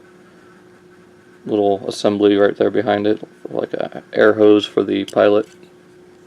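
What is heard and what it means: Someone talks while handling the plastic cockpit canopy of a transforming figure before it closes onto the figure's body. A faint steady hum runs underneath, and no sharp sounds are heard. The canopy has not yet snapped shut, and nothing has seated or clicked yet.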